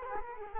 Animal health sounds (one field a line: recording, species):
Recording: mosquito wingbeat signal from an infrared sensor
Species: Culex quinquefasciatus